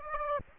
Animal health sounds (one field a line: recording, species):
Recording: mosquito wingbeat signal from an infrared sensor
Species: Aedes aegypti